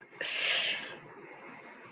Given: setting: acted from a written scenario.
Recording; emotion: vocal sound without words; guilt